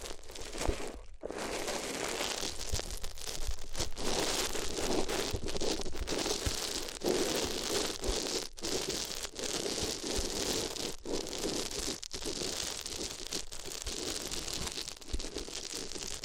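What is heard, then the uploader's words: Paper is crinkled and rustled without pause, a dense, bright crackling that sounds almost like rain on a surface. The texture stays thick and even for the whole stretch, broken only by a few brief near-silent gaps, around one second and again near eight and twelve seconds. ASMR If You Had Paper Ears (No Talking).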